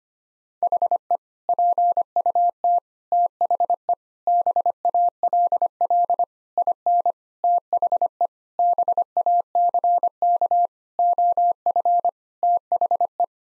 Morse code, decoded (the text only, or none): HE PUT THE BALL IN THE BACK OF THE